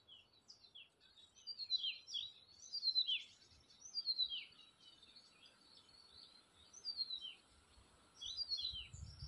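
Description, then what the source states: Bird song, high twittering and sliding whistled notes in loose bursts over a quiet background, with a brief low rumble at the end. Forest, spring.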